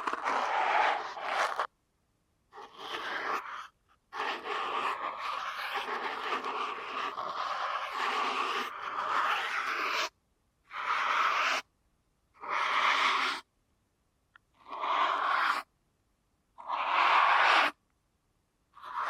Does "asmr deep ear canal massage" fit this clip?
yes